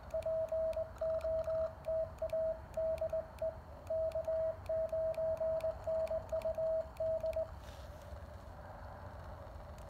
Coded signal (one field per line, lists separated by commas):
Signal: Morse code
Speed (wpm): 19 wpm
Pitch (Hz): 640 Hz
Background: radio noise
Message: POTA DE K9NUD